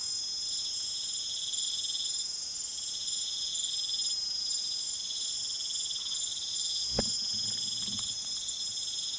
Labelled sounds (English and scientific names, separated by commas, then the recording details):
none
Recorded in pastures near Puerto Asís, Putumayo, Colombia, on 25 June 2025 at 22:30
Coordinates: 0.487, -76.322
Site H26